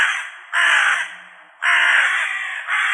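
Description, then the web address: Hooded crow cawing, harsh raspy caws repeated about once a second, two strong calls with a third starting at the end. "Corvus corone cornix"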